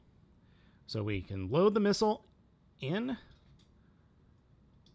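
Someone talks while pushing a plastic missile into the spring-loaded cannon on the back of a SparkToys ST-02 Spartacus toy robot, but the missile is loaded backwards and fails to snap into place. Speech fills most of the clip, followed by quiet and a faint brief tick near 4.9 s. Nothing has seated or clicked yet.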